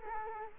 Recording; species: mosquito wingbeat signal from an infrared sensor; Culex quinquefasciatus